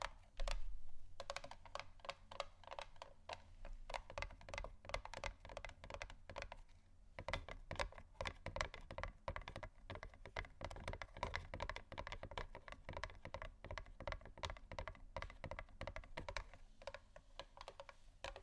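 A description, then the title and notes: Gentle tapping, a dense, fast run of light clicks and taps like fingertips on a hard surface, continuing steadily for the whole stretch. The taps are crisp, with a low, soft thud under them. ASMR Gentle Tapping Assortment (No Talking).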